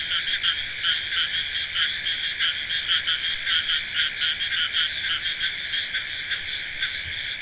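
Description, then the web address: Many frogs calling together: a dense shrill trill with fast, regular pulsed croaks running through the whole stretch. "frogs hq recording"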